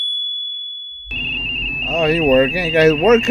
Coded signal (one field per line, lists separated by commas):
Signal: RTTY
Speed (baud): 45.45 baud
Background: speech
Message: DE DL3BQA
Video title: 2024 CQ RTTY CONTEST DE WO2E